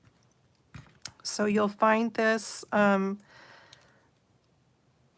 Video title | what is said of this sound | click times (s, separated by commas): Friday Funday - Easter Bunny Card | and then it just turns and locks in place | 1.1 s